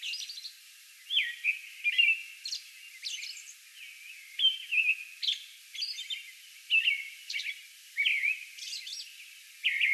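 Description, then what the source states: American robin singing steady caroling phrases, slurred whistles broken by high hissing notes, delivered in a near-continuous run with short gaps. Song bout recorded on May 11.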